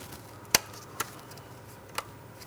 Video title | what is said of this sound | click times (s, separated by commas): How to Replace Throttle Body 2003-2007 Cadillac CTS 3.6L V6 | Audible click from that, and it's secure. | 0.5 s